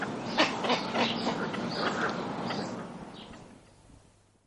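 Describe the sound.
Little egret rasping croaks in a quick series of harsh notes, fading away toward the end.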